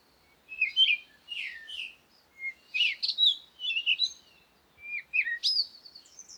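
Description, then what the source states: Bird chirps in rapid, varied groups of high twittering notes, ending with an upward-sweeping whistle that trails off. Recorded at Komati, Africa, in the morning with wind; birds close.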